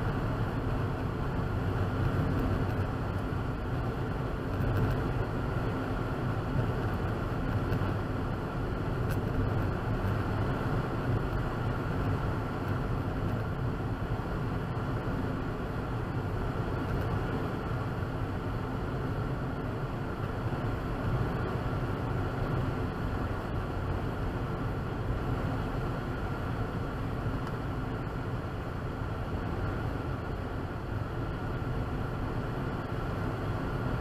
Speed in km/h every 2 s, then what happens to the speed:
93, 90, 89, 93, 95, 97, 93, 92, 92, 90, 90, 90, 85, 82, 81, 84, 85.
4-11 speeds up to 97. 11-22 steady at about 90. 22-27 slows to 81. 27-34 steady at about 84.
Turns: none.